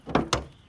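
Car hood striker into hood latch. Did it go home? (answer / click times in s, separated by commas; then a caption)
no / none. A Lexus IS250 hood is pushed or dropped so its striker meets the worn hood latch, giving two dull thumps at about 0.15 and 0.33 seconds. Nothing has clicked or seated yet, and the hood latch fails to latch fully.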